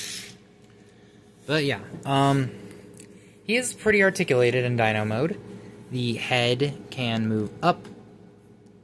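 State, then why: Not seated. Someone talks while handling a Transformers Age of the Primes G2 Grimlock leader-class action figure in dinosaur mode, starting to tilt its plastic head upward in its neck joint. Only speech and faint handling noise are heard; the head has not yet clicked into place.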